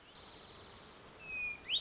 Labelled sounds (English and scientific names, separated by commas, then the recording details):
Hermit Thrush (Catharus guttatus)
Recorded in Sonoma County, California